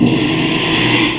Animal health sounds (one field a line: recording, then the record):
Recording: squeal of a Yucatan mini pig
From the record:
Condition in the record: after surgery on the right vocal fold (resection and tissue-engineered implant)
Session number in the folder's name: 1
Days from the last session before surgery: 6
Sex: male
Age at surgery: 12 weeks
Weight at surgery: 13 kg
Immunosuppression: cyclosporine, prednisolone